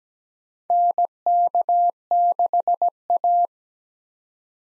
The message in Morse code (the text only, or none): NK6A